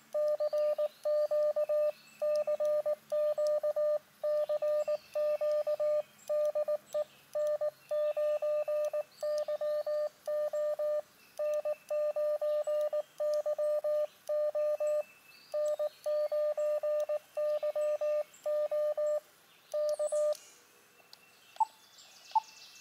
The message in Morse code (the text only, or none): CQ CQ CQ DE N9YO N9YO N9YO K